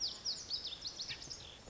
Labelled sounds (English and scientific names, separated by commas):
Lazuli Bunting (Passerina amoena)